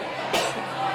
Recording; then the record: coughing mixed with background sound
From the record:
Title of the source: 61 morning phlegmy cough...again